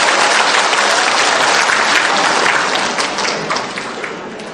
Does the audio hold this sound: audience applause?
yes